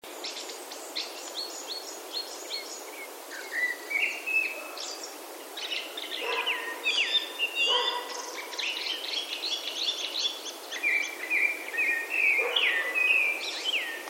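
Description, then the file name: Japanese thrush song: long, varied stretches of whistled and twittering phrases, some trilled and some sliding. "kurotsu"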